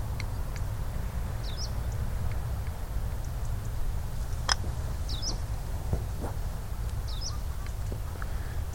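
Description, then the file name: Hume's leaf warbler giving short high two-part call notes, three times at irregular intervals, over a steady low rumble with a few faint clicks. "tienshanlaubsaenger"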